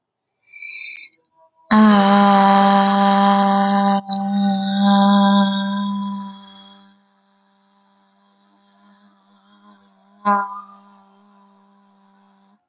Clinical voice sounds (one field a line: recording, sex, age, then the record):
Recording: vowel held as long as possible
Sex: female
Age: 20 to 29 years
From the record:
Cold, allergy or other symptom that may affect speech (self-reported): no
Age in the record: 22 years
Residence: United Kingdom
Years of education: 16